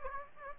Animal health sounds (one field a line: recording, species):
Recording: mosquito wingbeat signal from an infrared sensor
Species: Aedes aegypti